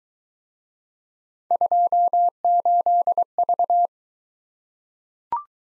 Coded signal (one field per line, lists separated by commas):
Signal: Morse code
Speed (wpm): 20 wpm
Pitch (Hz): 700 Hz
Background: none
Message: 28V